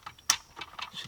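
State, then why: Seated. During an OEM iDrive 6 (NBT EVO, Apple CarPlay) retrofit on a pre-LCI BMW F30, a plastic head unit connector or top piece is pushed into its mount in the car dash after its locking tab is set down. A single sharp snap at 0.3 s shows it seating, followed by softer handling taps around 0.6 and 0.8 s.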